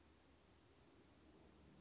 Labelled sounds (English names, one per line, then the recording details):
Chestnut-backed Chickadee
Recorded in Sonoma County, California